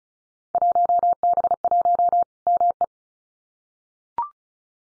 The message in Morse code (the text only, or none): 1B1 ME